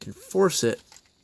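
A plastic toy limb part on a combiner robot toy is folded up and back in on itself and forced toward its locking joint while someone talks, with faint handling noise after the speech. The part is still being handled and nothing has seated or clicked yet.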